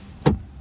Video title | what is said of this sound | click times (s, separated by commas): 2011-2019 DODGE DART / CHRYSLER 200 - HOW TO REMOVE AND REPLACE MASTER WINDOW SWITCH FAST & EASY! | it back down clicks into place | 0.3 s